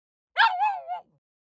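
Pug gives one sharp, high-pitched bark that slides slightly down and trails off, followed by silence.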